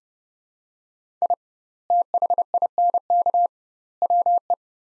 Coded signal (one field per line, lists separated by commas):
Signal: Morse code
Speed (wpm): 32 wpm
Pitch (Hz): 700 Hz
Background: none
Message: I THINK WE